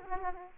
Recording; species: mosquito wingbeat signal from an infrared sensor; Aedes aegypti